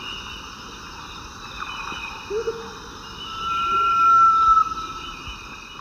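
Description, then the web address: Sunbittern song: a single long, steady, pure whistle that holds one pitch for over a second, with soft low notes earlier and a constant hiss and hum behind. South America, eastern lowlands; song. "Natures Songs S America Eastern Lowlands. Eurypyga helias, song"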